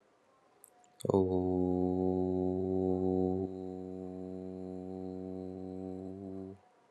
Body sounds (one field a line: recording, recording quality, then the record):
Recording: sustained vowel as in boot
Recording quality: excellent, no background noise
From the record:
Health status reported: recovered from COVID-19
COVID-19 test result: positive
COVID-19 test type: RT-PCR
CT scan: not taken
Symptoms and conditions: cough, fatigue, muscle pain, loss of smell and taste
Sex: male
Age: 21 years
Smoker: no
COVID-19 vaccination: both doses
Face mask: not worn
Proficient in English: yes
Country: India